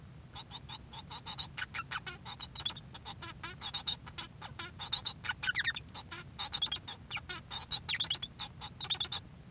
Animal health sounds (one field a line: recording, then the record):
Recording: song of a male Bengalese finch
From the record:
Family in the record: son of father 1